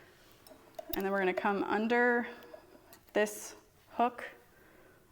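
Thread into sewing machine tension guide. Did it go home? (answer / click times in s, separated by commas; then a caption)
yes / 0.5 s, 0.8 s. Thread is held and pulled to the right into the tension or thread guide of a Thor 1541 sewing machine, which must be clicked in properly to avoid problems. Short clicks are heard at 0.5 and 0.8 s as the thread seats in the guide, and then someone talks.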